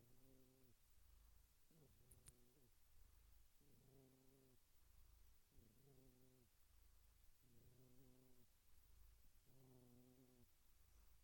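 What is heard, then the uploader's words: A cat gives six soft, low meows at a steady pace, one roughly every two seconds, each lasting under a second with a fairly level pitch. A continuous low purr rumbles underneath throughout, and a brief sharp tick sounds near the second meow. Relaxing Cat Meow Sounds. You'll encounter a symphony of gentle cat meows. Gentle, rhythmic purring.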